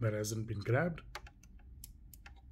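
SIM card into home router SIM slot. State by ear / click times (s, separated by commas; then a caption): seated / 1.8 s. Someone talks, then a SIM card is pushed again into the spring-loaded SIM slot of a Huawei B525 home router, making a series of small, sharp clicks at about 1.3, 1.4, 1.8, 2.1 and 2.3 seconds. The card clicks into place and is held at 1.8 seconds, and the router has grabbed it.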